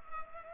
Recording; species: mosquito wingbeat signal from an infrared sensor; Culex pipiens